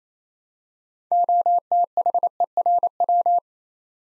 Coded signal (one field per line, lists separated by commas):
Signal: Morse code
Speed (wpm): 27 wpm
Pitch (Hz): 700 Hz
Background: none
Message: OTHERW